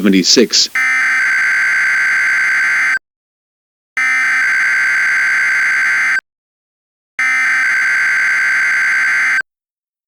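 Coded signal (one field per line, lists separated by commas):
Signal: Emergency Alert System (SAME) tones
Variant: header bursts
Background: speech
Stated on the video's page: Mock EAS Required Weekly Test, a simulated alert.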